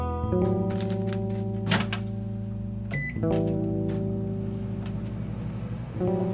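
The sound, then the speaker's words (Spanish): A microwave oven hums steadily with a low, droning tone, broken by a few dull clunks and a single short, high-pitched beep midway before the hum resumes. “Este microondas es muy rápido.”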